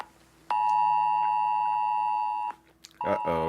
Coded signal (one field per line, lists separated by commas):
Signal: Emergency Alert System (SAME) tones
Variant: 853 and 960 Hz attention tone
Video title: Burning Bushes: EAS Test